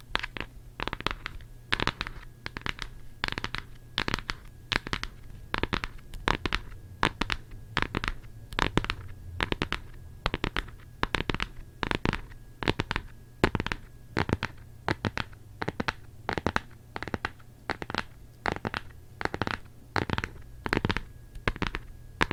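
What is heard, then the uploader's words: Fingernails scratch a book in quick, dense bursts of bright rasping strokes, repeating steadily throughout over a low, constant hum. ASMR book scratching.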